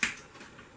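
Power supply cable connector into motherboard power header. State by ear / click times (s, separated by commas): seated / 0.0 s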